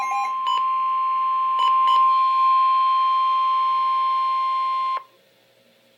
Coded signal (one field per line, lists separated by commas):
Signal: Emergency Alert System (SAME) tones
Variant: 1050 Hz attention tone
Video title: Severe Thunderstorm Warning - EAS #318